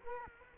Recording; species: mosquito wingbeat signal from an infrared sensor; Culex quinquefasciatus